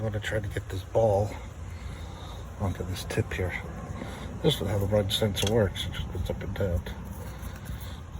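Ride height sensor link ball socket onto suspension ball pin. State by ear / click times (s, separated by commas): not seated / none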